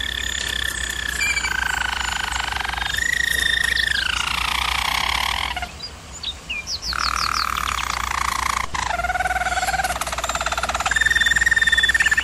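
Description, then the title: German Roller canary rolling song with held tones, a quieter break midway, then rapid high notes and renewed smooth tours; steady hum underneath. Canary training recording of German Roller canary song. "German Roller Canary Singing - Canary Training Vid"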